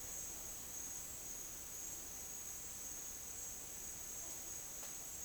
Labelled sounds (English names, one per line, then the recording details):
none
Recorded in dense forest near Puerto Asís, Putumayo, Colombia, on 22 June 2025 at 10:30
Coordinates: 0.484, -76.325
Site H65